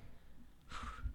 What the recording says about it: It's got the hiccups. Why am I getting the hiccups in 2023? In the middle of the pot. Would you just eat a pretzel by accident? Pretzels give you the hiccups.